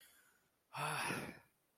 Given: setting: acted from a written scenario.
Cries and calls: vocal sound without words; contentment

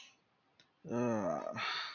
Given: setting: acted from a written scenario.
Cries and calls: vocal sound without words; disappointment

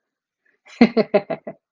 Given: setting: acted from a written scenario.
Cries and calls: vocal sound without words; amusement

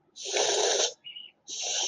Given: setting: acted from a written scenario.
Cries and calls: vocal sound without words; pain

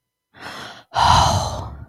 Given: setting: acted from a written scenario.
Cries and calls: vocal sound without words; awe

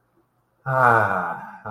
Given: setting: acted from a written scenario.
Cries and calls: vocal sound without words; serenity

